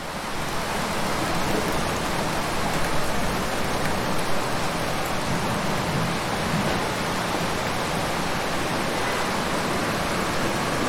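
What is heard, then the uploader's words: Heavy rain pours in a dense, steady hiss that fills everything from low rumble to bright top, with no breaks across the clip. Under the downpour a low, even rumble suggests street traffic, though no single passing vehicle stands out. Heavy Rain and Street Traffic. Urban windows. Night traffic,rain,wet road,car,bus,toronto,city sounds,night.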